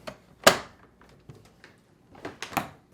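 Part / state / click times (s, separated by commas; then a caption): ice bin into refrigerator door ice compartment / seated / 0.5 s. A plastic ice bin, part WPW10347093 for a Whirlpool, Maytag or KitchenAid refrigerator, is aligned in the door ice compartment opening and pushed in until it locks. A few light knocks are heard, then a sharp, loud click at 0.5 s as the bin seats. Smaller clacks follow near 1.6 s and between 2.2 and 2.6 s.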